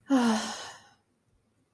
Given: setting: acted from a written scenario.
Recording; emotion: vocal sound without words; guilt